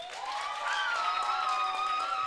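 An audience at a poetry slam event applauds steadily for a couple of seconds, a dense wash of clapping with sustained cheering or whooping voices riding over it at an even, fairly loud level.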